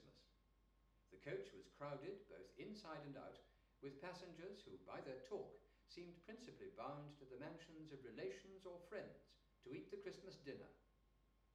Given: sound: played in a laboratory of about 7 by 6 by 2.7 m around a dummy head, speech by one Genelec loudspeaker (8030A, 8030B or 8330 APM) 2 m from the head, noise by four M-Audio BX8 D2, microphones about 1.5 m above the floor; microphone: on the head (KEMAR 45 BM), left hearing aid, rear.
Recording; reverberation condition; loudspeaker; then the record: male speech in English; medium; 60 degrees to the left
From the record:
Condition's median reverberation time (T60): about 510 ms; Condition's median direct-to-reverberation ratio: about -0.5 dB